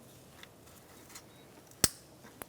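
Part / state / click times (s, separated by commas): wiring harness connector into camshaft position sensor / seated / 1.8 s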